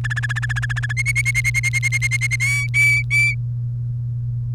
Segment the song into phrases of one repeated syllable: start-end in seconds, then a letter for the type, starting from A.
0.04-0.93 A, 0.97-2.36 B, 2.40-3.35 C